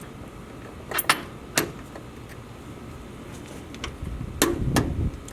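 A click-type torque wrench tightens the flare nut on a 1/4 inch copper refrigerant line onto the service valve of a mini split condenser. Sharp clicks ring out at 1.1 s and at 4.4 s, the second after the wrench is eased off and pressed again, with a few softer ticks and low rumbling in between. Both clicks confirm the nut has reached its torque setting.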